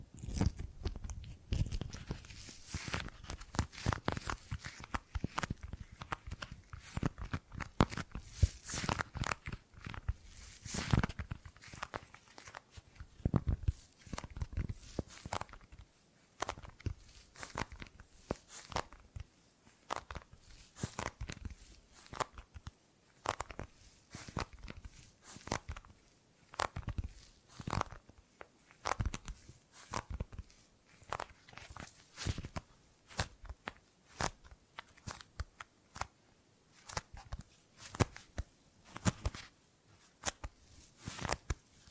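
Tingly gripping and grabbing sounds, made of quick crackly, crunchy bursts that come densely and unevenly for the whole forty seconds. Early on the handling is thicker with a low rumble beneath, then turns sparser and sharper, with short clicks separated by brief gaps.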